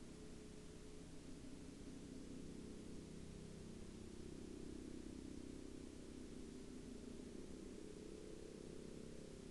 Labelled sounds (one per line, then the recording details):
man-made sound
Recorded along the Dempster Highway, Canada, on 28 August 2020 at 20:02
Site 22